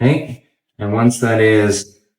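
A PHILIAM ET9 e-bike battery pack is handled as it is set into its frame mount to be pushed down until it locks, while someone talks in short phrases with pauses. Nothing has seated or clicked yet.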